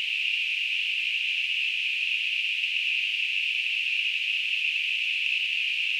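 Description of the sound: A steady, unbroken high-pitched hiss, a narrow band of noise centred near 2–3 kHz, holds the same level for the full six seconds. It is a simulated tinnitus sound, imitating the constant ringing or hissing a person with tinnitus hears.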